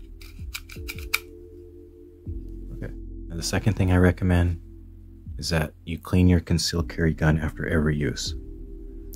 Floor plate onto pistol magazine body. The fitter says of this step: listen for the snap okay